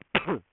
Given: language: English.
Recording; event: throat vibration sensor signal played as sound; cough